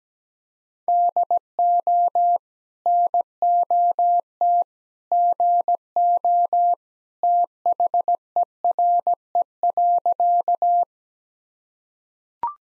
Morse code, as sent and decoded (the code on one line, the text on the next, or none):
-.. --- / -. --- - / --. --- / - .... . .-. . .-.-.-
DO NOT GO THERE.